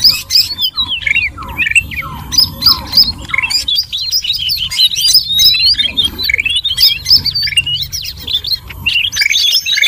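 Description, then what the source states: Birds chirping, jerky high notes tumbling over each other in a noisy, near-continuous stream. Noisy bird sounds used as a lure (pikat) to attract birds.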